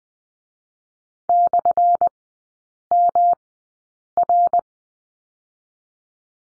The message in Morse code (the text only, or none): /MR